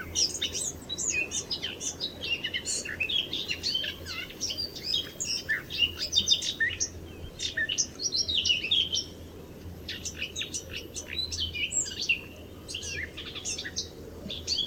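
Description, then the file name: Eurasian blackcap song: continuous dense chattering warble of high, quick, varied notes with brief breaks, set against a constant low rushing noise. "Sylvia atricapilla"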